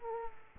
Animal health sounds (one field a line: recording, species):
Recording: mosquito wingbeat signal from an infrared sensor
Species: Culex quinquefasciatus